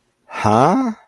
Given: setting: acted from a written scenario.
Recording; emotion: vocal sound without words; confusion